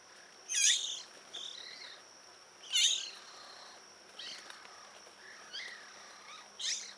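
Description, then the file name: Eurasian magpie calls: loud harsh bursts at irregular intervals, with softer scratchy notes between them and a faint steady high tone. "Pica pica"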